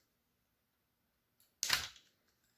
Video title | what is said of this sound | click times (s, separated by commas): Mod With Me!: Stratobow (A special request from Zach Studios!) | it snaps should | 1.6 s